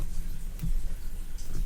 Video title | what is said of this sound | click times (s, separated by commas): Baby Brezza Advanced Formula Pro Review | as soon as it locks into place the sensor goes off | 0.6 s